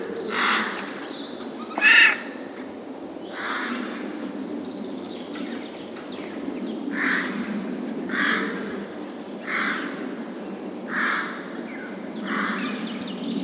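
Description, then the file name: Eurasian jay uttering a series of hoarse, grating screeches, spaced roughly every one to two seconds, plus one brief sharp higher note near the start over steady background hiss. "Garrulus glandarius"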